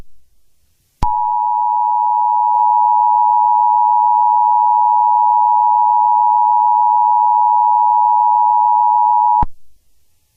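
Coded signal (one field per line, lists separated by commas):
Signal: Emergency Alert System (SAME) tones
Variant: 853 and 960 Hz attention tone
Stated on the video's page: Fictional EAS scenario with simulated alert tones.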